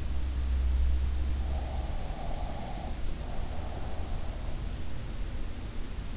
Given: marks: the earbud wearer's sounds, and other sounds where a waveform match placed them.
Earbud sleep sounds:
sounds in sleep by an in-ear microphone; breath
1.74-4.36 s: breath

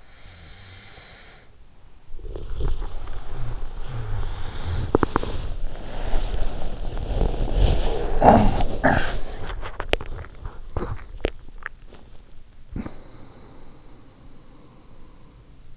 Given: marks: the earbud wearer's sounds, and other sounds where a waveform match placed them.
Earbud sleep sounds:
sounds in sleep by an in-ear microphone; snoring breath, body movement, teeth grinding, cough or throat clearing or sniffle, swallowing, breath
0.00-5.04 s: snoring breath
2.32-13.40 s: body movement
4.64-5.74 s: teeth grinding
8.18-9.17 s: cough or throat clearing or sniffle
8.81-12.18 s: teeth grinding
10.25-12.18 s: swallowing
12.93-15.77 s: breath

